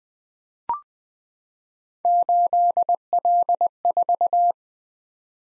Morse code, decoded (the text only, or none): 8L4